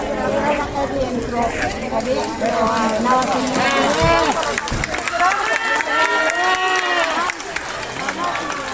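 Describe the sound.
A crowd shouts and cheers at a young woman's arrival at her home in Milan, with many overlapping voices rising and falling in excited calls, scattered clapping and a steady busy hubbub throughout. Journalists crowd around her.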